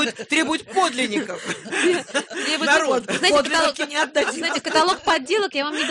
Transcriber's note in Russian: Все смеются